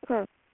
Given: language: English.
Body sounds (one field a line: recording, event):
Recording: throat vibration sensor signal played as sound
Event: speech